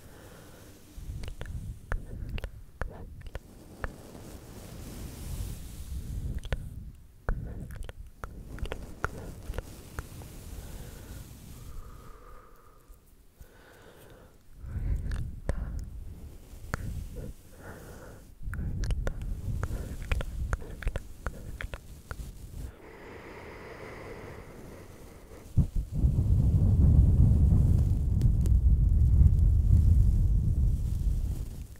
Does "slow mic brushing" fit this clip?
yes